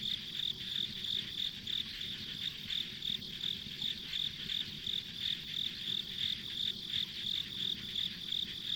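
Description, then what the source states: Insects chirping, a dense high-pitched trill pulsing about three times a second, steady throughout over a low rumbling background. Ambient insect sounds recorded on a country road.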